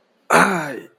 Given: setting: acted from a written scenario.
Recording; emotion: vocal sound without words; pain